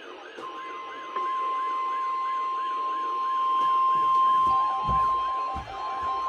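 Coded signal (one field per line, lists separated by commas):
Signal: Emergency Alert System (SAME) tones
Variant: 1050 Hz attention tone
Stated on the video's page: Required Weekly Tests from several NOAA Weather Radio stations, one a relay.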